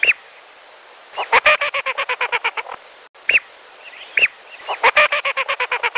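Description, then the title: Lesser whistling duck uttering high wheezy whistles that lead into long pulsing series of short notes, twice in succession. "Belibis Batu"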